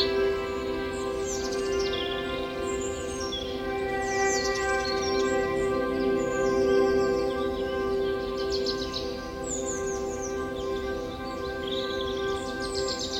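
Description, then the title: Several birds twitter and whistle in overlapping bursts, busiest around the middle, over an unbroken droning hum. Forest setting with birds chirping. "Forest Birdsong Nature Sounds Bird Sounds Birds Chirping Ambience"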